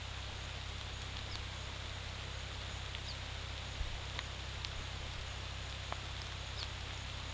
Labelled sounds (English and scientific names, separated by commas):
none